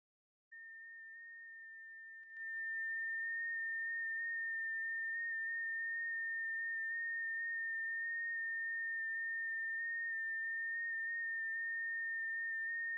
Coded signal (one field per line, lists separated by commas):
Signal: FT8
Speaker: working a little 6 meter magic band. And hey, NM5V, thanks for the contact.